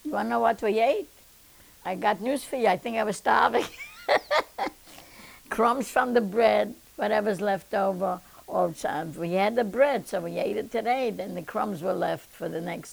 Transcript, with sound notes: Want to know what we ate? I got news for you, I think I was starving. ( she laughs ) Crumbs from the bread, whatever's left over at times, we had the bread, so we ate it today, then the crumbs were left for the next day.